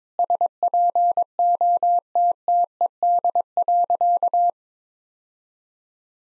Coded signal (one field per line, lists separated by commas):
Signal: Morse code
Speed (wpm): 22 wpm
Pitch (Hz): 700 Hz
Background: none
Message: SPOTTED.